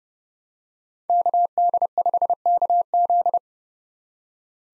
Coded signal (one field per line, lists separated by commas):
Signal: Morse code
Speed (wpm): 30 wpm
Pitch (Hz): 700 Hz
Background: none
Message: KD5KZ